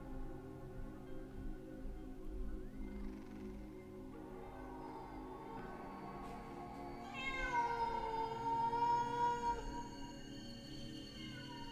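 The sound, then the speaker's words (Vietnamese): A black cat standing at the door of a house's guest room gives drawn-out, wavering meows over a steady low droning background, the last call swelling louder and higher in pitch before trailing off. “Khi còn chưa kịp trấn tĩnh sau cái hình ảnh vừa rồi, thì từ cửa gian khách nhà ông xuất hiện một con mèo.”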